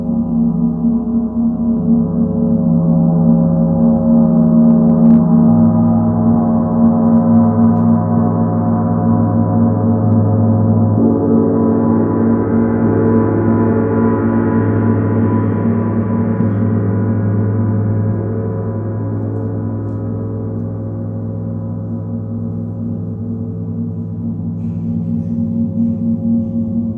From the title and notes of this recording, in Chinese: 銅鑼練習Gong。銅鑼練習片段。